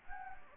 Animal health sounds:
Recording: mosquito wingbeat signal from an infrared sensor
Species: Anopheles gambiae

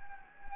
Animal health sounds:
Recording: mosquito wingbeat signal from an infrared sensor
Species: Anopheles gambiae

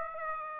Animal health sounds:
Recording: mosquito wingbeat signal from an infrared sensor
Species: Aedes aegypti

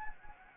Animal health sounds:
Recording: mosquito wingbeat signal from an infrared sensor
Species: Anopheles gambiae

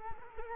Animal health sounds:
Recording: mosquito wingbeat signal from an infrared sensor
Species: Culex quinquefasciatus

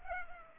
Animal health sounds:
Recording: mosquito wingbeat signal from an infrared sensor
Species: Culex pipiens

